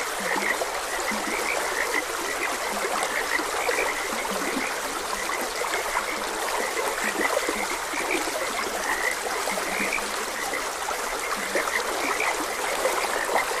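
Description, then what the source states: Frogs croaking in a dense chorus, short high chirps and lower croaks overlapping continuously over steady trickling stream water. Frogs croaking beside a gentle stream.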